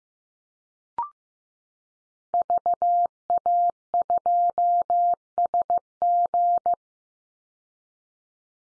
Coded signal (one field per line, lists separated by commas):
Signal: Morse code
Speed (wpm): 15 wpm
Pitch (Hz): 700 Hz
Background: none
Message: VA2SG